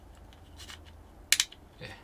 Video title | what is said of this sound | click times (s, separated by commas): Airsoft VFC Glcok 17 gen5 / 1년 사용 후기 .. | 지금 이런 식으로 호 매 딸깍 하고 딱 걸렸습니다 걸리고 나면 은 | 1.3 s